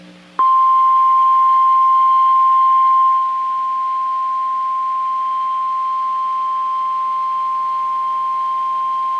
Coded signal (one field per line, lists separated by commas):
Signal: Emergency Alert System (SAME) tones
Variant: 1050 Hz attention tone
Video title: A Compilation Of Eas Alerts From 1/10/2020: EAS 1 Through 12